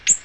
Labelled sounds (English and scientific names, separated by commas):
Ovenbird (Seiurus aurocapilla) flight call